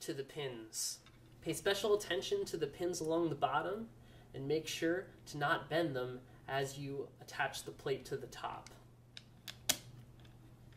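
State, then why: Seated. Someone talks while a palm attachment plate is pressed onto the pins on top of a GSSI StructureScan Mini XT handheld concrete scanner, taking care not to bend the pins along the bottom. A few small ticks come just before a single loud, sharp snap at 9.7 s as the plate pops into place and is seated.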